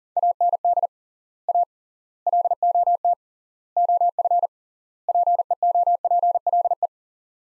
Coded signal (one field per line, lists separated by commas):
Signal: Morse code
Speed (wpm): 40 wpm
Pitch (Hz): 700 Hz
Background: none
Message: AND A LOT OF PEOPLE